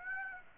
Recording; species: mosquito wingbeat signal from an infrared sensor; Aedes aegypti